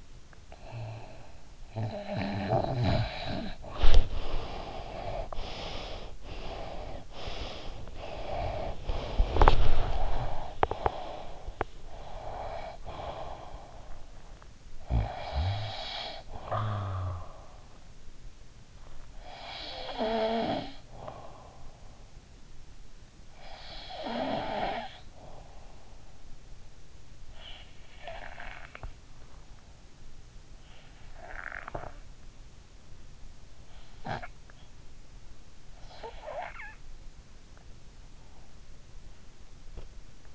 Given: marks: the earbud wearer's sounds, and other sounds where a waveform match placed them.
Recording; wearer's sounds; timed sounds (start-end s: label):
sounds in sleep by an in-ear microphone; snoring breath, breath
1.47-4.25 s: snoring breath
4.25-6.22 s: breath
6.26-14.23 s: breath
14.23-36.99 s: snoring breath